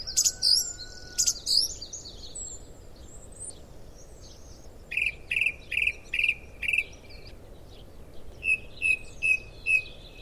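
Song thrush singing: bright whistled phrases, each repeated several times in quick succession, first high sharp notes, then a clear fluted phrase given five times, then another repeated four times.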